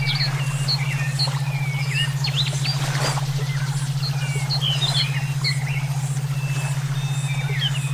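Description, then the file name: Several songbirds trade short chirps and whistled slurs, with a brief rushing noise midway and a steady low hum beneath. Brainwave therapy track made for songbird song training (omkicau). "terapi brainwave omkicau"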